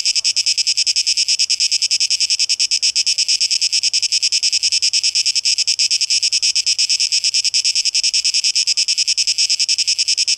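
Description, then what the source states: Cicadas singing, a dense high buzzing drone pulsing rapidly about three times a second, steady throughout with no other clear sounds. Cicadas, plural, 12 August 2023; tape echo mix.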